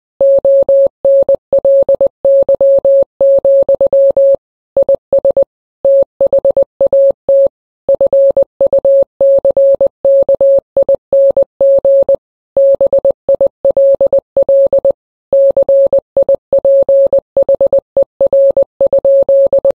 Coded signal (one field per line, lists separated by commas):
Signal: Morse code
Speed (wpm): 20 wpm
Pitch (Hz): 550 Hz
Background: none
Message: ONLY, IS THAT FUCKING BILL CIPHER?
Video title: Morse Message…